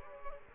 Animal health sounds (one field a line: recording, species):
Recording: mosquito wingbeat signal from an infrared sensor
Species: Culex quinquefasciatus